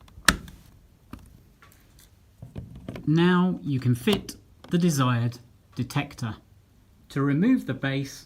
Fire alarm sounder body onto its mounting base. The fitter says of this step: and push the body of the Sounder with your thumbs until you hear it click